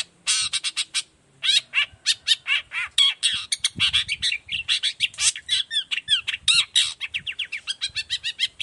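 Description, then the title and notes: Long-tailed shrike song, loud harsh chattering phrases and fast scratchy notes poured out almost without pause. Morning song of a cendet, used as a lure to make other shrikes of any type reply quickly and open their beaks; varied 'toet toet' voice. "Cendet Gacor Dor Di Kala Pagi Toet Toet Variasi Suara. Cendet Gacor Efektif Pancingan Buat Cendet Jenis Apapun Agar Cepat Nyaut Buka Paruh. Burung cendet"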